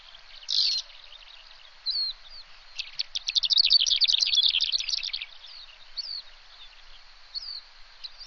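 Bird song: a sharp burst first, then short chirps, then a rapid chattering run of high notes midway, followed by scattered single chirps.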